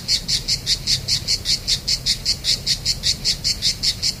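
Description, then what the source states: Cicada song: loud, regular rasping pulses, evenly spaced with no pause, over a faint low background rumble. Cicadas on 3 September 2009.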